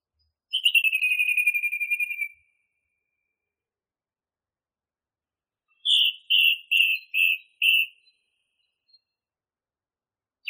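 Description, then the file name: Song thrush song: a long rapid trill lasting nearly two seconds, silence, then a short rough note given five times in a row. Masteran recording, used for training songbirds. "suara masteran songthrush"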